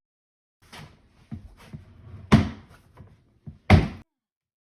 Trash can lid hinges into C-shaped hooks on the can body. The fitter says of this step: unfortunately I was blocking the camera but I do want you to hear the click sound so here it goes